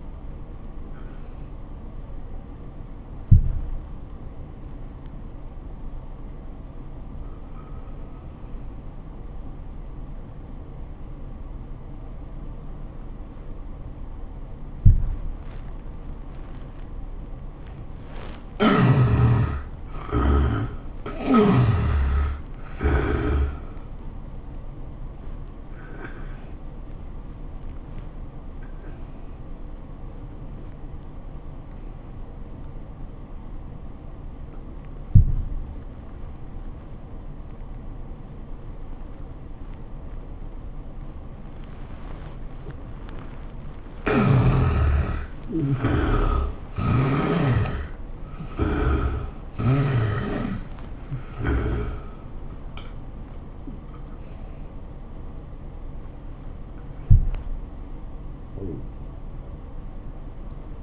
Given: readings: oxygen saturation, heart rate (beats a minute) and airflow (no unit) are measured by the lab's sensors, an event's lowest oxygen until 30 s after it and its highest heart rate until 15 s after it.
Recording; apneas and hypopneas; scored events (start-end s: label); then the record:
breathing in sleep by a smartphone at the bedside; 2
3.00-20.40 s: obstructive apnea (N1, oxygen 95% highest, then 81% lowest, heart rate 86 at the start, 94 highest)
29.00-42.70 s: obstructive apnea (N1, oxygen 94% highest, then 79% lowest, heart rate 89 at the start, 99 highest)
53.00-60.83 s: new sleep stage, awake
From the record:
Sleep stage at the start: N1 (lightest sleep); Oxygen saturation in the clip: 79 to 95%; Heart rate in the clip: 82 to 99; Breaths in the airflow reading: 8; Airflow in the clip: -16.4 to 12.8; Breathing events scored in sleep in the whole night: 403 in 5.5 hours asleep